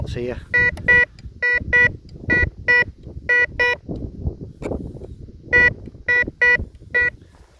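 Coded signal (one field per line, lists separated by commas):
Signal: none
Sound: metal detector tones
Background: speech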